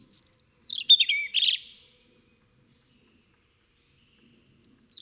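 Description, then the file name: European robin song, one short phrase of high thin whistles and a warbled trill, then silence broken by a couple of faint high notes. "Erithacus rubecula"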